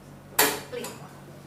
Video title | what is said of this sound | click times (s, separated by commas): Tutorial Penggunaan CRRT (Continuous Renal Replacement Therapy) PRISMAFLEX ( RSPAD Gatot Soebroto ) | lagi dorong Sampai bunyi klik jadi | 0.4 s